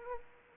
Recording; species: mosquito wingbeat signal from an infrared sensor; Anopheles arabiensis